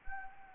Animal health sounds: mosquito wingbeat signal from an infrared sensor; Anopheles gambiae

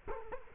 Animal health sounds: mosquito wingbeat signal from an infrared sensor; Culex quinquefasciatus

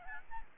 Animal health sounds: mosquito wingbeat signal from an infrared sensor; Aedes albopictus

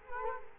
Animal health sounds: mosquito wingbeat signal from an infrared sensor; Culex quinquefasciatus

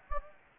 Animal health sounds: mosquito wingbeat signal from an infrared sensor; Anopheles gambiae

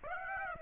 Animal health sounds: mosquito wingbeat signal from an infrared sensor; Aedes aegypti

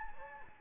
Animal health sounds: mosquito wingbeat signal from an infrared sensor; Anopheles gambiae

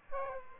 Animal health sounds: mosquito wingbeat signal from an infrared sensor; Aedes aegypti

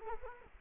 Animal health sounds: mosquito wingbeat signal from an infrared sensor; Culex quinquefasciatus

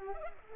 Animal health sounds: mosquito wingbeat signal from an infrared sensor; Culex pipiens

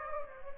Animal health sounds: mosquito wingbeat signal from an infrared sensor; Aedes aegypti

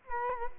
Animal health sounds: mosquito wingbeat signal from an infrared sensor; Culex quinquefasciatus

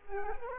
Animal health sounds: mosquito wingbeat signal from an infrared sensor; Culex quinquefasciatus

